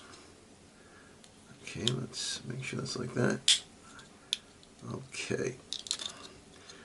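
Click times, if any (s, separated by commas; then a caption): none. A small camera module is pressed into its mount in a plastic Raspberry Pi case while someone talks. Crunchy plastic sounds and a few sharp snaps come through, the loudest near 4.3 s. The module has not seated; it is still not correctly in place.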